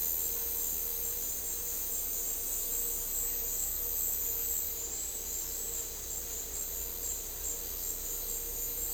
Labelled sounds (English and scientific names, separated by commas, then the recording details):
none
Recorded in dense forest near Puerto Asís, Putumayo, Colombia, on 4 March 2025 at 14:30
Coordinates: 0.467, -76.328
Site G041